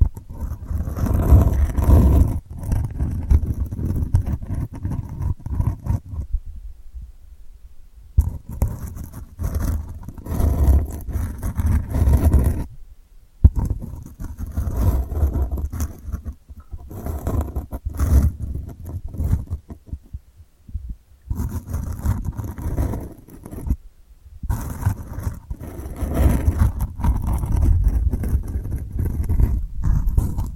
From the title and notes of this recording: ASMR Delicate Scratching for Sleep (No Talking).